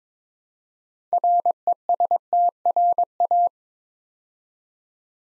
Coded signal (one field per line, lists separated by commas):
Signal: Morse code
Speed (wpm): 23 wpm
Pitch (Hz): 700 Hz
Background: none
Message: RESTRA